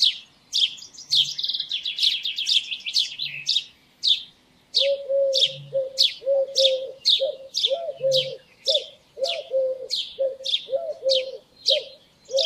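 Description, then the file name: House sparrow giving rapid, harsh chirps, repeated steadily throughout, joined midway by a lower, regularly repeated call. "Passer domesticus"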